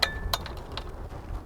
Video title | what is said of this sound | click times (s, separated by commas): DCD Eagle Lasher - Lashing Demonstration | and it should snap into place | 0.0 s